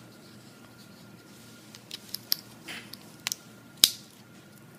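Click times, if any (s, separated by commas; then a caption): 3.8 s. A 5.8 GHz video downlink transmitter backpack, used because live video over Wi-Fi has too much delay, is pressed into the back connector in the rear expansion port of an action camera. A few light ticks and scrapes come between about 1.9 and 3.3 s, then a loud, sharp snap at 3.8 s. The backpack is seated, plugged in and powered up.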